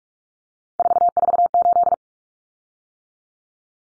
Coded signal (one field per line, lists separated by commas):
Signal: Morse code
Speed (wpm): 44 wpm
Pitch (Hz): 700 Hz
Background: none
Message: 448